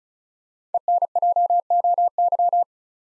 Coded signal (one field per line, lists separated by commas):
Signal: Morse code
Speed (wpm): 34 wpm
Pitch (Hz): 700 Hz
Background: none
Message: ENJOY